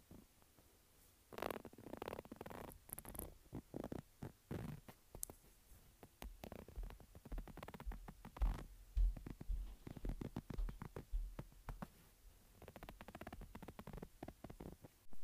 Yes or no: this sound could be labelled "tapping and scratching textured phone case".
yes